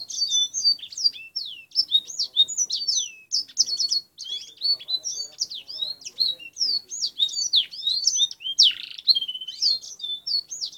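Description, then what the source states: Black-throated canary song, a fast continuous stream of varied high twittering notes, sweeps and trills, running without pause through the whole stretch. Black-throated canary song used as fill-in training material for canaries.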